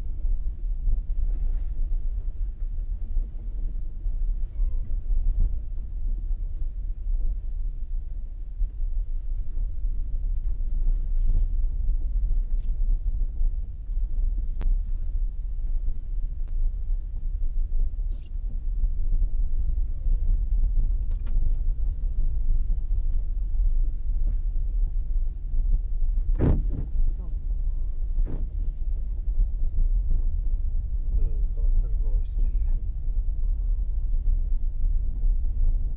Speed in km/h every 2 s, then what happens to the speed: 10, 11, 11, 11, 11, 11, 11, 13, 14, 18, 16, 13, 12, 14, 15, 15, 16, 14.
0-13 steady at about 11. 13-18 speeds up to 18. 18-24 slows to 12. 24-36 steady at about 14.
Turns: none.